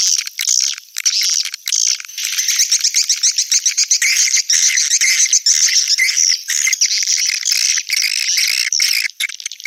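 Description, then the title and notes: Swiftlet twittering, rapid high chirps with a pulsed run in the middle, steady chatter throughout. Used in swiftlet farming, Asia. "Swiflet Bird Sound. Farming Swiflet Bird asia sound"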